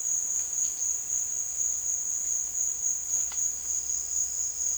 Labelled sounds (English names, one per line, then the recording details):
none
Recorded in dense forest near Puerto Asís, Putumayo, Colombia, on 9 March 2025 at 15:30
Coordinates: 0.481, -76.323
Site G088